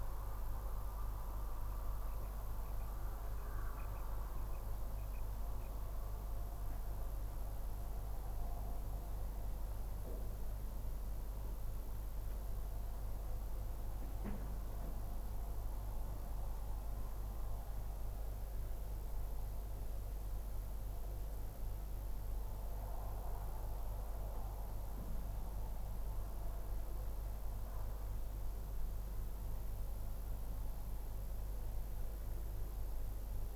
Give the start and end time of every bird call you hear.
[1.69, 1.75] Common Quail (2.3-2.8 kHz)
[2.08, 2.30] Common Quail (1.7-2.8 kHz)
[2.65, 2.86] Common Quail (1.9-2.7 kHz)
[3.36, 3.44] Common Quail (2.2-2.7 kHz)
[3.76, 4.02] Common Quail (1.8-2.7 kHz)
[4.37, 4.59] Common Quail (2.1-2.8 kHz)
[4.98, 5.20] Common Quail (2.2-2.7 kHz)
[5.60, 5.68] Common Quail (2.0-2.7 kHz)

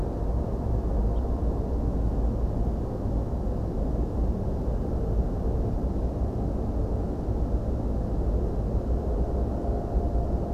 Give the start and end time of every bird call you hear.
[1.15, 1.21] Ortolan Bunting (2.5-4.0 kHz)

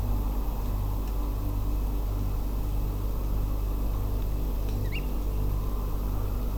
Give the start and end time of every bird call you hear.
[4.85, 5.00] Eurasian Oystercatcher (1.6-4.6 kHz)

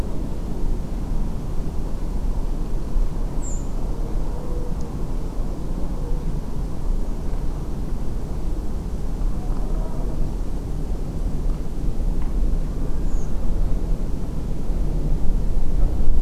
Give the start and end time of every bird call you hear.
[3.39, 3.61] Redwing (6.8-8.4 kHz)
[13.07, 13.25] Redwing (6.0-7.4 kHz)

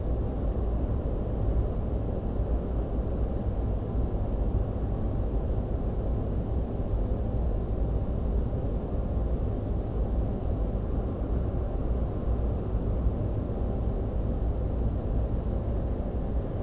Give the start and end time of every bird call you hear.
[1.45, 1.55] European Robin (5.7-9.2 kHz)
[3.79, 3.87] European Robin (6.2-9.2 kHz)
[5.41, 5.52] European Robin (5.7-8.9 kHz)
[14.10, 14.20] European Robin (5.7-8.6 kHz)

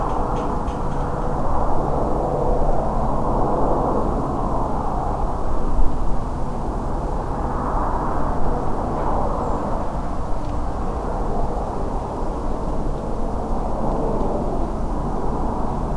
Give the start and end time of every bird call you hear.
[9.40, 9.64] Redwing (7.1-8.0 kHz)

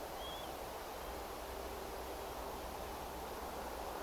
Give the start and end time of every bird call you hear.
[0.17, 0.50] European Golden Plover (2.8-3.6 kHz)

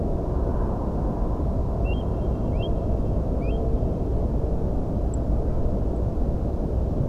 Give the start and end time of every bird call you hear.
[1.83, 2.03] Eurasian Stone-curlew (2.5-3.4 kHz)
[2.51, 2.69] Eurasian Stone-curlew (2.0-5.6 kHz)
[3.40, 3.58] Eurasian Stone-curlew (2.1-5.3 kHz)
[5.12, 5.16] Song Thrush (7.2-10.5 kHz)
[5.95, 5.98] Song Thrush (7.4-8.5 kHz)

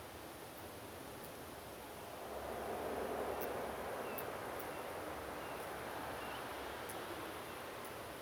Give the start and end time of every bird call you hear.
[3.32, 3.52] Common Ringed Plover (2.6-2.8 kHz)
[4.05, 4.23] Common Ringed Plover (2.5-2.9 kHz)
[4.70, 4.82] Common Ringed Plover (2.7-2.9 kHz)
[5.40, 5.55] Common Ringed Plover (2.6-2.9 kHz)
[6.21, 6.37] Common Ringed Plover (2.6-3.2 kHz)

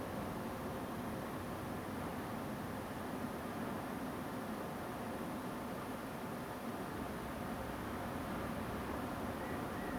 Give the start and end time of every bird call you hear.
[9.40, 9.96] Mallard (1.7-2.1 kHz)

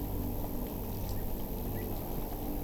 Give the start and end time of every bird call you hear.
[1.16, 1.21] Pied Avocet (1.5-2.2 kHz)
[1.75, 1.86] Pied Avocet (1.6-2.3 kHz)

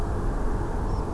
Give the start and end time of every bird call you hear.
[0.89, 1.00] Tree Pipit (4.6-5.8 kHz)

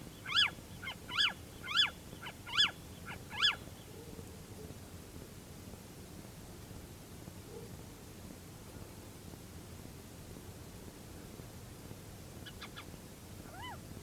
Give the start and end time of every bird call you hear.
[0.25, 0.51] Little Owl (0.6-7.1 kHz)
[0.82, 1.34] Little Owl (0.5-7.0 kHz)
[1.65, 1.90] Little Owl (0.5-7.0 kHz)
[2.24, 2.73] Little Owl (0.5-7.1 kHz)
[3.06, 3.55] Little Owl (0.5-7.0 kHz)
[12.45, 12.84] Little Owl (0.7-6.5 kHz)
[13.48, 13.78] Little Owl (0.5-3.1 kHz)

